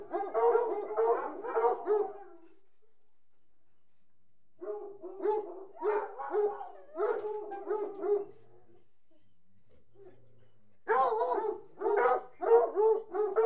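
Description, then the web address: Hunting hounds whining and yelping in a pack, with three bouts of overlapping cries separated by short silent pauses. About 60 hunting hounds whining together. "BBC Sound Effects Library. Hunting Hounds"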